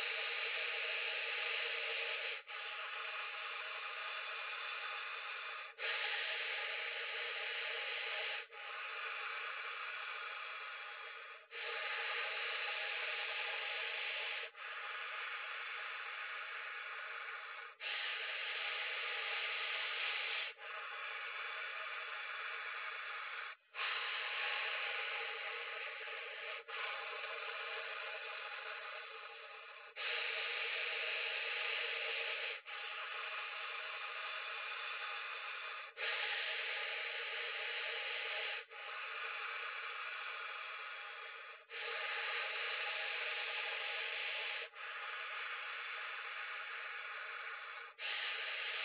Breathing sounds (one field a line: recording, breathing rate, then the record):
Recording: paced breathing near a phone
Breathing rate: 10 breaths a minute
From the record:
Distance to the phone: 40 cm